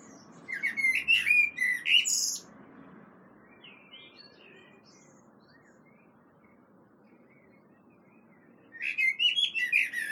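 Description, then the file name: Common blackbird delivering a warbled phrase ending in shrill twitters, a long hush with faint notes, then another twittering phrase at the end. "Turdus merula"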